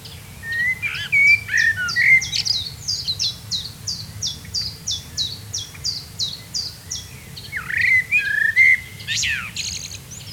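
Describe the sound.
Common blackbird giving fluty warbled phrases near the start and again near the end, with a series of sharp high repeated notes in between.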